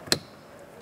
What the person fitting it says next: you have an audible click